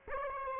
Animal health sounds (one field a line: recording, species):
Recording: mosquito wingbeat signal from an infrared sensor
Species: Aedes aegypti